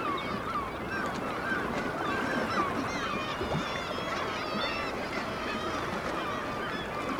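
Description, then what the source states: Black-legged kittiwakes in a dense chorus, many nasal wavering calls overlapping constantly above a continuous rushing background. Kittiwakes recorded at Dunbar.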